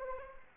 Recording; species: mosquito wingbeat signal from an infrared sensor; Anopheles arabiensis